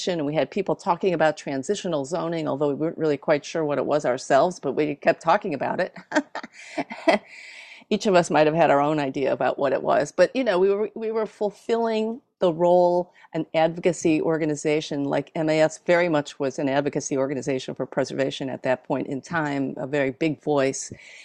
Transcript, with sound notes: And we had people talking about transitional zoning, although we weren’t really quite sure what it was ourselves, but we kept talking about it. [laughs] Each of us might have had our own idea about what it was, but we were fulfilling the role an advocacy organization like—MAS very much was an advocacy organization for preservation at that point in time, a very big voice.